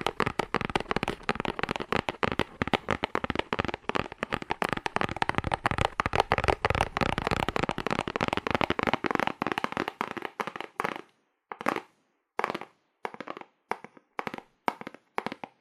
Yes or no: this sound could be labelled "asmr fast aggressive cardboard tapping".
yes